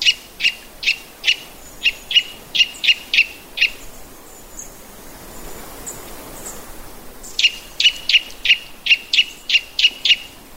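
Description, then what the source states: Eurasian nuthatch song: two long runs of evenly spaced, loud piping notes, about three per second, broken by a few seconds of quiet hiss. White-bellied form known locally as shirohara-gojūkara, on a forest road along the Sarurugawa river in Hokkaido, Japan.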